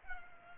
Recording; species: mosquito wingbeat signal from an infrared sensor; Culex pipiens